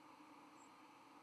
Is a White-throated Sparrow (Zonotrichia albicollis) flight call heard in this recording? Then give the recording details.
yes. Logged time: 07:54 on 31 October 2014